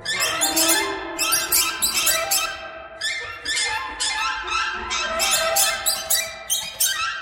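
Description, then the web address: Birds chattering, a dense overlapping chorus of high, squeaky harmonic notes in rapid irregular bursts, with no pauses. "soundfactory birds"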